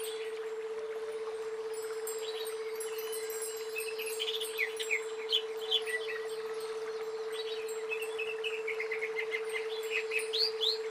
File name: cucak ijo